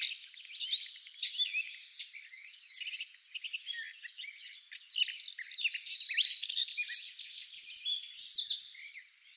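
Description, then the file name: Eurasian wren singing: scattered high chips at first, rising into a loud, fast, rattling trill sequence before it stops abruptly. "Troglodytes troglodytes"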